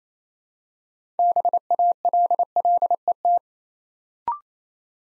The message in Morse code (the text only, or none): BALLET